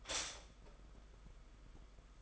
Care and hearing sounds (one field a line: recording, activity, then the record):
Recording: daily activity, microphone in the room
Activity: stop toaster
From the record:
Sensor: 5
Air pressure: 991.8 hPa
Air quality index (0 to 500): 167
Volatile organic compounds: 425 ppm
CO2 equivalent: 4712 ppm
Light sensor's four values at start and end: 33/109/41/43 and 33/109/41/43